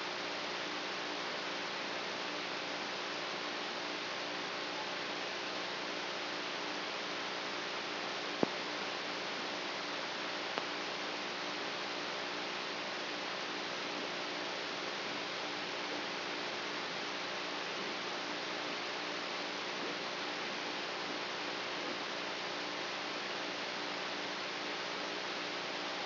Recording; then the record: brain microelectrode recording played as sound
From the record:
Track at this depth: inside the subthalamic nucleus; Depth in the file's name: 2.604 mm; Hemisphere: right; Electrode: 3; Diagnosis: Parkinson's disease